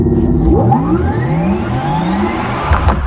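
An electric car drives past, its motor giving off a steady whir with high tonal whines that climb smoothly in pitch as it speeds up, over a continuous low rolling rumble.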